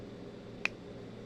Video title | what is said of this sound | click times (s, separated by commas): matisse collage | make sure you hear that snap sound because if you just put the cap on like this | 0.6 s